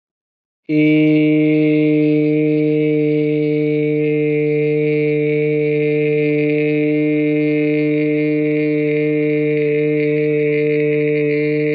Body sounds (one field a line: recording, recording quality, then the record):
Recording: sustained vowel as in made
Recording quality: excellent, no background noise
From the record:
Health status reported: COVID-19 positive, mild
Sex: male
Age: 22 years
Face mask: not worn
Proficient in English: yes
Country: India